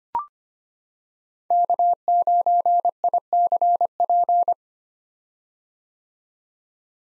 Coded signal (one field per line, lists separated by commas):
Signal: Morse code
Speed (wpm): 25 wpm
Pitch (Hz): 700 Hz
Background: none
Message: K9ICP